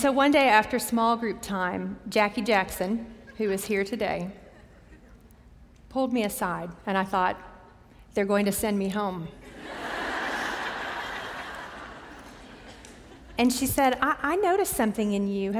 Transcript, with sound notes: One day after small group time, Jackie Jackson—who is here today—pulled me aside, and I thought, They're going to send me home! [laughter] She said, "I noticed something in you.